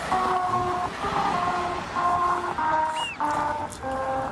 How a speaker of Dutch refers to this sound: Friesland krijgt in 2018 een autoweg waar de ribbels in de witte wegmarkering klinken als het volkslied, als mensen precies de toegestane snelheid rijden.